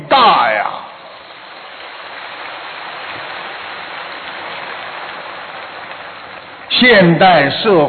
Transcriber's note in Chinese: 掌声